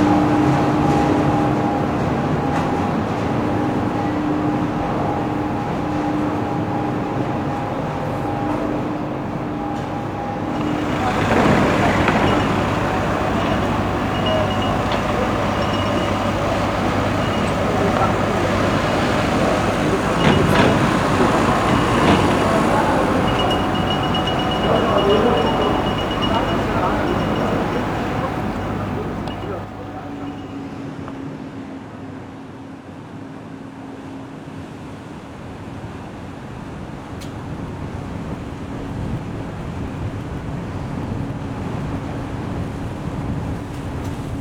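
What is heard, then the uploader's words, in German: On the ferry from Konstanz to Meersburg, a steady low engine drone with a constant hum runs throughout. Between about 11 and 30 seconds a louder, rushing wash of noise swells over it, with faint voices mixed in, before settling back to the calmer engine hum. Auf der Fähre von Konstanz nach Meersburg. An das nördliche Ufer des Bodensees. Im Oktober 2018. Habe ein paar Höreindrücke von der Überfahrt gesammelt.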